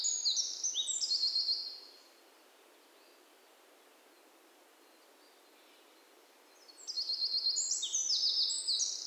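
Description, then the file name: Eurasian wren: a short, shrill trilling phrase opens, then about five seconds of quiet before another fast, high, rattling trill sequence begins. "Troglodytes troglodytes"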